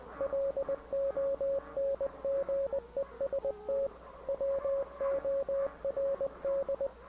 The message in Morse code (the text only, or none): LONGEST WORD